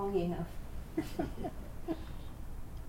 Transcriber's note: laughs